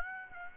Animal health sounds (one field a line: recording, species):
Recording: mosquito wingbeat signal from an infrared sensor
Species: Aedes aegypti